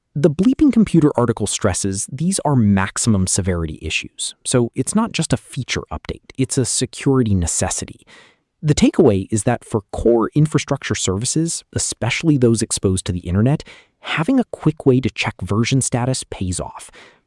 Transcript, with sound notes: The Bleeping Computer article stresses these are maximum severity issues, so it’s not just a feature update—it’s a security necessity. [thoughtful] The takeaway is that for core infrastructure services, especially those exposed to the internet, having a quick way to check version status pays off.